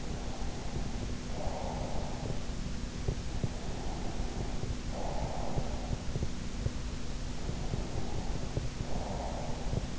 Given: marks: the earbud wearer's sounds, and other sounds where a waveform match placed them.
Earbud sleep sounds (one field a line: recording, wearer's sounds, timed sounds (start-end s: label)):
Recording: sounds in sleep by an in-ear microphone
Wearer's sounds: breath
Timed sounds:
0.00-2.46 s: breath
3.71-5.95 s: breath
7.57-9.97 s: breath